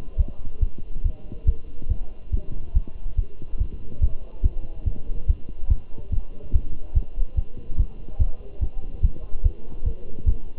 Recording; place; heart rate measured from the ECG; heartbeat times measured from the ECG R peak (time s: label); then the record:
heart sounds by stethoscope; between the tricuspid and mitral areas; 143 bpm
0.19 s: heartbeat
0.62 s: heartbeat
1.05 s: heartbeat
1.48 s: heartbeat
1.90 s: heartbeat
2.34 s: heartbeat
2.75 s: heartbeat
3.18 s: heartbeat
3.61 s: heartbeat
4.02 s: heartbeat
4.45 s: heartbeat
4.87 s: heartbeat
5.29 s: heartbeat
5.71 s: heartbeat
6.13 s: heartbeat
6.55 s: heartbeat
6.96 s: heartbeat
7.38 s: heartbeat
7.79 s: heartbeat
8.20 s: heartbeat
8.62 s: heartbeat
9.04 s: heartbeat
9.45 s: heartbeat
9.86 s: heartbeat
10.27 s: heartbeat
From the record:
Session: Bruce protocol treadmill stress test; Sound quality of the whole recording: good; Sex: male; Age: 27 years